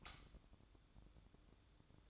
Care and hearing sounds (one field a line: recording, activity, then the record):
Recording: daily activity, microphone in the room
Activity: light off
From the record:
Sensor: 3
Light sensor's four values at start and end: 12/30/12/12 and 9/22/9/9